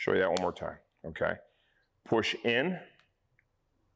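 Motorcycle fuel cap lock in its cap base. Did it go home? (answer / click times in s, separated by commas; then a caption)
yes / 3.4 s. Someone talks, then the lock of a Driven Racing Halo fuel cap on a Yamaha R7 is pushed into its cap base so the key can be removed. A short, sharp click sounds at 3.4 s, and the lock is seated.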